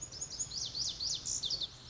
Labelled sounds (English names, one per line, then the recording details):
Lazuli Bunting
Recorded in Sonoma County, California